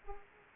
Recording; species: mosquito wingbeat signal from an infrared sensor; Anopheles arabiensis